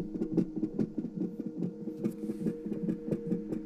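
Rapid, regular whooshing thumps at about 140 beats a minute, with a steady hum underneath. A fetal heartbeat picked up on ultrasound Doppler during a sonogram and captured on a cell phone; the baby's heart beats very fast, like a rabbit's, which is typical for a fetus.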